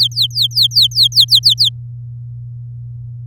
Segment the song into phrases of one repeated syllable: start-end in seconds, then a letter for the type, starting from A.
0.00-1.69 A